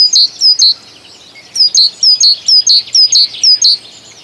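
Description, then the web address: Great tit song: high, clear two-note phrases, a sliding upper note then a lower one, given briefly, a pause, then repeated steadily several times in a quick, ringing rhythm. "Kurs PTTK Kurs materiały Przyroda Ptaki Bogatka"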